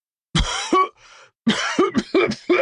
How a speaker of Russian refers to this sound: Поняв, что с командиром случилась беда, люди кинулись рвать шиповники, как вдруг один из мужчин с ножом в руке сильно раскашлялся.